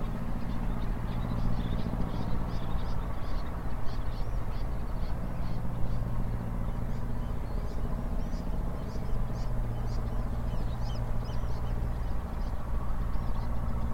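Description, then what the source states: Eurasian oystercatcher giving shrill piping notes in a steady, evenly spaced run lasting through the whole stretch, with a heavy low engine-like drone underneath. Several oystercatchers at Rye Harbour river mouth, recorded 9 May 2022.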